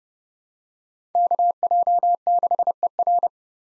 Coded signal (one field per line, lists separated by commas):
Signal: Morse code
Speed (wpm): 30 wpm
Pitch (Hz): 700 Hz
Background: none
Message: KJ6ER